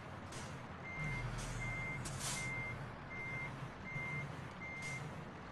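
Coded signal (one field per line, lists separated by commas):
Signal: none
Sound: a truck's reversing beeps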